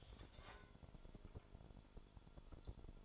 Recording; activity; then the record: daily activity, microphone in the room; take from stove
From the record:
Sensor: 5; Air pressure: 1008.2 hPa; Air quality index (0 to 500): 116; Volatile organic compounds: 1 ppm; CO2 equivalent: 895 ppm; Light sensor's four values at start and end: 27/59/25/25 and 27/61/25/25